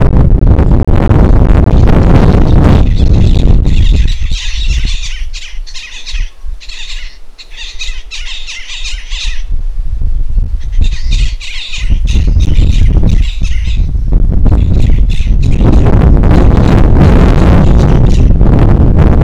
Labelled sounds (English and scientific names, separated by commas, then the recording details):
Black-lored Babbler (Turdoides sharpei)
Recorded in northern Uganda